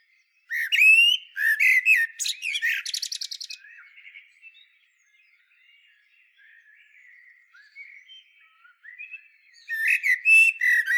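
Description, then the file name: Common blackbird song: loud, rapid twittering squeaks open, quiet rambling warbles follow for several seconds, then another bright chattering burst. "Turdus merula"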